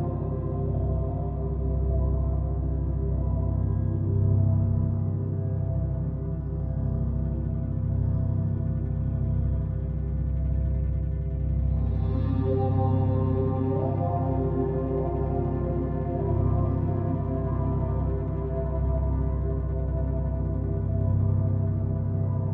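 Binaural beats: a steady, dense bed of low sustained tones that hum and pulse gently without pause. Layered higher tones shimmer above, and around the middle a brighter band of tones rises and lingers, while the overall loudness stays level throughout.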